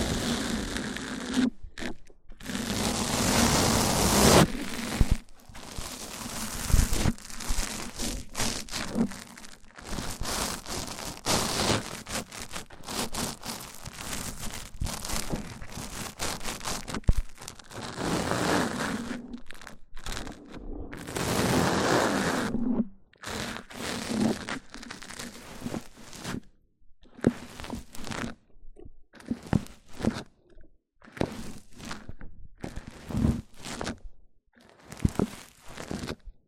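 Mic-on-mic triggers: rough scraping and rubbing against a microphone in dense, irregular bursts, with a steady low hum running underneath. Strokes come in quick clusters broken by brief silences, thinning into sparser, choppier taps after about 25 seconds. Crinkly, tearing textures come and go.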